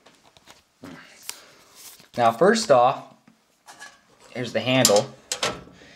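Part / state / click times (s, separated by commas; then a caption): wire bail handle into its lock on a lantern frame / seated / 5.3 s. Someone talks while moving the wire bail handle of a metal Dietz 8 Day kerosene lantern (State of Pennsylvania), a Vesta-style handle typical of this lantern, into its lock on the lantern frame. A sharp metallic click at 5.3 s shows the handle snapping into its locked position, and it is seated.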